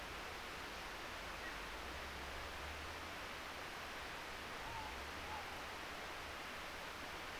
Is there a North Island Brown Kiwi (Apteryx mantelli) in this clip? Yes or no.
no